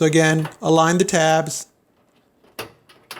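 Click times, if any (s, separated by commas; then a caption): 2.6 s, 3.1 s. Someone talks while aligning the tabs on a metal grease filter for a GE range hood and pushing its lock away from them. Two sharp snaps follow at 2.6 s and 3.1 s as the filter locks into place in the range hood frame, seated.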